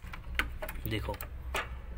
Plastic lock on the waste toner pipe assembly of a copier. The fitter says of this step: यह यहां बाहर आ गया है और यह यहां से लॉक हो गया है लॉक होने के बाद